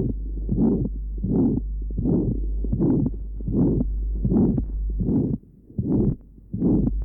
A ventricular septal defect. Recording taken at left sternal edge. Note the pansystolic murmur at this area.